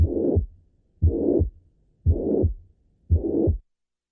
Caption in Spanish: Necesita llegar hasta el segundo ruido para constituir un soplo de insuficiencia mitral. El soplo puede ser creciente, es decir, iniciarse en forma débil y aumentar de intensidad hasta el segundo ruido.